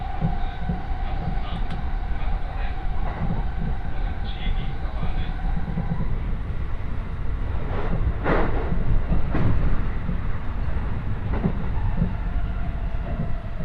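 A Kosei Line train rolls with a steady low rumble and a thin whine that fades near six seconds, then sharp clanks around eight seconds.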